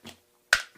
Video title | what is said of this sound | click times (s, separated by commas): Speed BeeZ Glock 17 Mag Loader | stick your magazine in it locks into place | 0.5 s